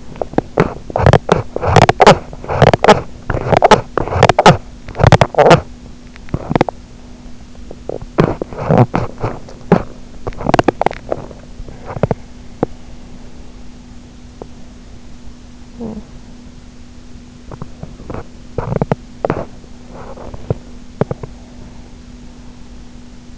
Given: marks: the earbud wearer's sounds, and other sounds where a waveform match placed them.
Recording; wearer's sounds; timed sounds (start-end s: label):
sounds in sleep by an in-ear microphone; teeth grinding, swallowing, talking in sleep, breath
0.00-6.95 s: teeth grinding
7.79-10.91 s: teeth grinding
10.91-11.71 s: swallowing
12.02-12.88 s: teeth grinding
14.36-14.56 s: teeth grinding
15.65-16.46 s: talking in sleep
17.60-21.27 s: teeth grinding
21.18-23.38 s: breath